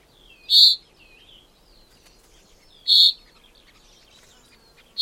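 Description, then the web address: Common chaffinch calls: three loud, sharp notes a couple of seconds apart, the last cut off at the end, with faint twittering in between. "2025 File origin Bird Only Fr Co"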